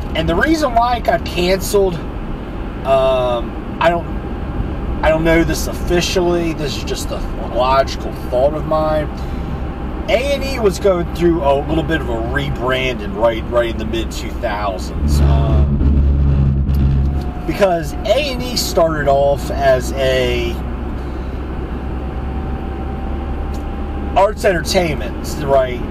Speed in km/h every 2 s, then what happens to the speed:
85, 84, 84, 81, 81, 82, 82, 82, 74, 74, 74, 79, 82.
0-13 steady at about 82. 13-16 slows to 74. 20-26 speeds up to 82.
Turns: none.